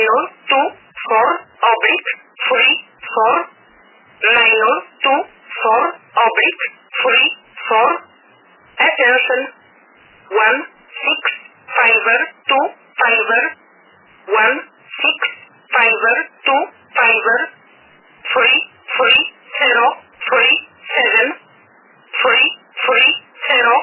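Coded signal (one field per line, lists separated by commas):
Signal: numbers station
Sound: a narrowband voice reading short words and numbers at a steady, even pace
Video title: Strange Polish Numbers Station #radio #numbersstation #strangerthings #haunted #strange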